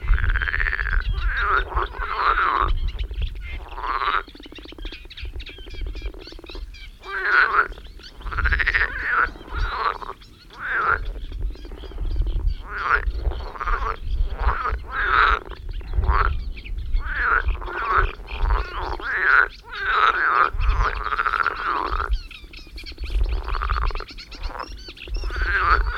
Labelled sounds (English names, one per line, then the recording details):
Marsh Frog call
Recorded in the wild
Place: Anklam, Mecklenburg-Vorpommern, DE
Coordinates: 53.812, 13.861
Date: 1980-05-25 18:15
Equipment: Nagra III BH, Sennheiser MD 21, parabola
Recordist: Schubert, Michael